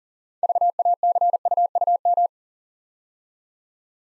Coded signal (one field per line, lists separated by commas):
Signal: Morse code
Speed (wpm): 42 wpm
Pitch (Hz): 700 Hz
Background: none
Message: VACUUM